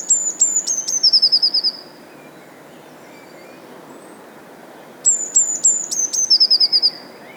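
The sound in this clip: Bird song, two high phrases about five seconds apart, each of sharp descending notes followed by a fast, even trill of repeated chips.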